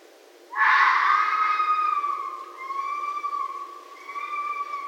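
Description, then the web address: Red fox drawn-out wailing call: a harsh burst, then a sustained, slightly wavering tonal whine holding a steady pitch for several seconds, fading and rising again. Recorded 6 January 2012. "Red Fox 2012 01 06 Red Fox"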